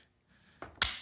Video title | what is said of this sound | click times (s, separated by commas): CZ-52 Pistol Review - The Czech Tokarev | we go you just push it back on it clicks into place | 0.8 s